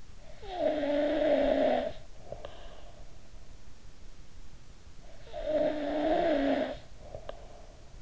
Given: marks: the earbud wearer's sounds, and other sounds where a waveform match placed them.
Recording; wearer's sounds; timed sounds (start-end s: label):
sounds in sleep by an in-ear microphone; snoring breath
0.00-3.29 s: snoring breath
5.00-7.86 s: snoring breath